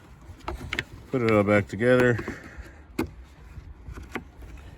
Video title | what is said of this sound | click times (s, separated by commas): 2009 GMC Sierra tail light bulb replacement | And you'll hear that snap. | 0.7 s, 0.8 s